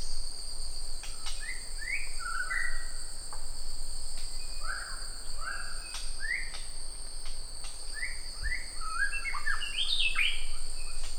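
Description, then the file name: White-rumped shama singing rich whistled phrases in short bursts with pauses, ending in a faster twittering run, against continuous high-pitched insect buzzing. "suara asli murai batu"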